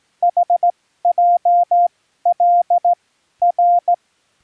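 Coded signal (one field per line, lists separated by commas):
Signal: Morse code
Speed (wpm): 18 wpm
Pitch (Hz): 700 Hz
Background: radio noise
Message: HJL R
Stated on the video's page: Short film dramatizing Swedish military shortwave CW from long-range reconnaissance patrols, sent in a hard-to-direction-find way over long distances without infrastructure.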